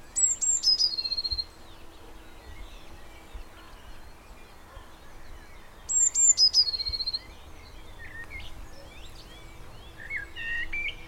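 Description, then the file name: Eurasian blue tit song given twice, each a few high, thin introductory notes running into a quick, lower buzzy trill, with scattered soft calls from other birds between. "Cyanistes caeruleus"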